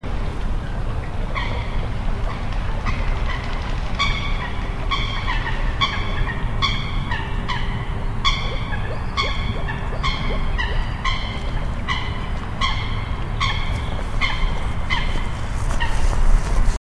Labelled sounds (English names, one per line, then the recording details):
Eurasian Coot call
Moor Frog
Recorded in the wild
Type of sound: call
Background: Rana arvalis
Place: Bernau bei Berlin, Barnim, Brandenburg, DE
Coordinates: 52.68, 13.5019
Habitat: lake
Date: 2012-03-25 20:16
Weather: 9°C, clear, nearly windless
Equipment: Sound Devices 702, Sennheiser MKH 415 T, Rhode Windschutz
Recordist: Frommolt, Karl-Heinz
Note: Rohrbruch: Rufe einer Blässralle. Im Hintergrund Moorfrösche